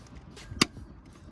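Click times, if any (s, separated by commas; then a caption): 0.6 s. A plastic brake cooling duct scoop on a Hyundai i30N is routed to the back of the brake caliper and pushed onto the suspension until it clips into place. A single sharp click is heard at 0.6 s against quiet background noise. The scoop is seated.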